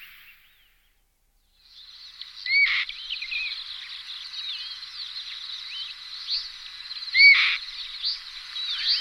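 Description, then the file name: Black-winged kite calls: two short, loud rising whistles with a harsh rasp, set against a busy chorus of other small birds chirping and twittering. "luňák-šedý"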